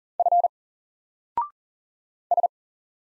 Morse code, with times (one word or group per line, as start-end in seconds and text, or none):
0.2-0.5 F
2.3-2.5 S